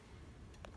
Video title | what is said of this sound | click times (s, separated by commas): Audi A8/S8 Adaptive Headlamp Fix | the ballast is now in I put it in I twisted it till it clicked into place | 0.6 s